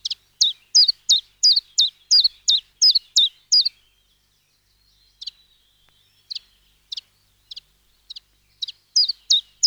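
Common chiffchaff song: a steady run of sharp, high notes, then softer, widely spaced notes, then the loud series returns.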